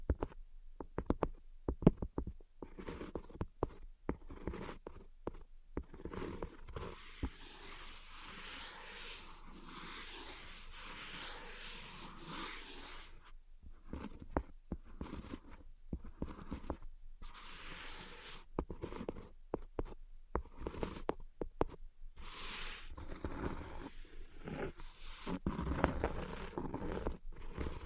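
Tapping and scratching come in uneven bursts, with quick clusters of dry taps and brief pauses between them. Longer stretches of steady scratching fill the middle, and a faint low hum runs underneath. Near the end the scratching grows denser and louder.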